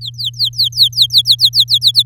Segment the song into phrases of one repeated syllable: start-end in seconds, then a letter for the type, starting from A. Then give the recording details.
0.01-2.03 A. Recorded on 7 May 2018 at 16:56. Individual llb16